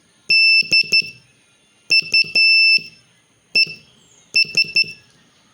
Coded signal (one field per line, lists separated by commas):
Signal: Morse code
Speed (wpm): 12 wpm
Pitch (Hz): 2650 Hz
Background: none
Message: DUES